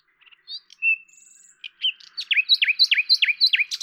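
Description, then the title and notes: Common nightingale song: quiet scattered notes and a thin whistle, then a run of six or seven loud, repeated downslurred notes. Recorded at Lavours, France, on 10 May 1998, with a Tascam DAP-1 and Télinga microphone, edited in Samplitude 5.1. "D83, 01350 Lavours, France - rossignol à LAVOURS. 10/05/1998 Tascam DAP-1 Micro Télingua"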